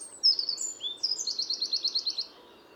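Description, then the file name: Eurasian wren with a few high sharp notes leading into a rapid, evenly pulsed trill that stops abruptly, over quiet background hiss. "Troglodytes troglodytes"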